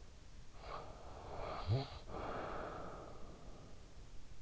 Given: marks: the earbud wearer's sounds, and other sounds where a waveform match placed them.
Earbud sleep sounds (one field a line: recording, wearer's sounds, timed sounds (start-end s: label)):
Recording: sounds in sleep by an in-ear microphone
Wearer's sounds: breath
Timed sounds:
0.35-4.07 s: breath